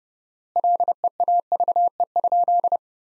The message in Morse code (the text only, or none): LEAVE?